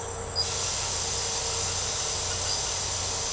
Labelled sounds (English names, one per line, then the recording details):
none
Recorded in secondary vegetation near Puerto Asís, Putumayo, Colombia, on 13 March 2025 at 01:30
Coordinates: 0.468, -76.324
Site G059